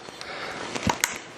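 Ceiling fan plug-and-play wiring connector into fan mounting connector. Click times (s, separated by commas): 1.0 s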